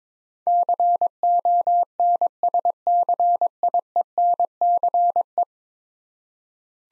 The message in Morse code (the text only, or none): CONSCIENCE